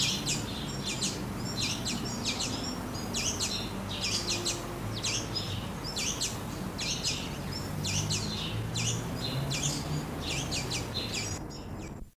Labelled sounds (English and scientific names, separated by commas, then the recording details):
Common Linnet (Linaria cannabina) call
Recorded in the wild
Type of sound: call
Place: Hannover, Niedersachsen, DE
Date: 1986-06-09
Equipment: Halbspur, 9,5 cm/s
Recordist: Lütgens, Hans
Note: Flügge Junge beim Haus